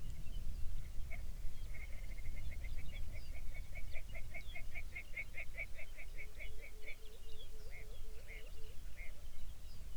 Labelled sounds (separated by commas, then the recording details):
songbird, grouse or ptarmigan, shorebird
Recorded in the Arctic National Wildlife Refuge, Alaska, on 23 May 2019 at 05:19
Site 49